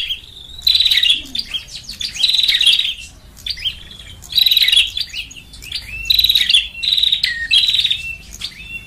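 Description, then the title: Lovebird chattering: shrill, buzzy twittering bursts lasting about half a second, repeated with short gaps, mixed with scattered squeaky chirps between them. Lure recording for trapping lovebirds. "PIKAT BURUNG LOVEBIRD"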